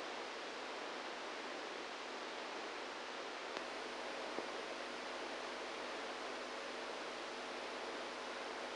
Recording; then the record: brain microelectrode recording played as sound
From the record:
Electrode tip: inside the subthalamic nucleus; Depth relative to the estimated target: 0 mm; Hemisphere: right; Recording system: NeuroSet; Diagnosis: Parkinson's disease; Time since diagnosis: 27 years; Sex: male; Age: 62 years